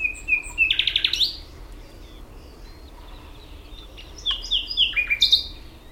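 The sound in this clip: Common nightingale song: whistled notes rise into a loud rapid burst, a quieter spell with faint chips, then varied sharp descending phrases.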